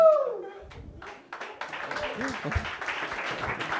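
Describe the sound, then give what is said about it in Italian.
An audience at the Brutte Persone Comedy Night breaks into applause, starting with a few scattered claps and swelling into steady, dense clapping that continues to the end. A brief vocal sound comes just before the clapping begins. “Bravi, applaudite perché così almeno non mi metto a piangere davanti a voi.”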